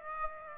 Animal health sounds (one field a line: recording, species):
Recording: mosquito wingbeat signal from an infrared sensor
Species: Aedes aegypti